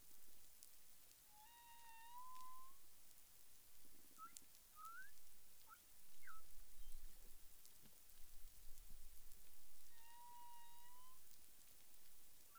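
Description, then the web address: Humpback whale tonal units: a long gently rising whistle-like moan with overtones, several short upsweeps in the middle, then the rising moan again, over faint underwater noise. Recorded 30 January 2021 at 12:48 UTC. "CARIMAM clean data humpback whale"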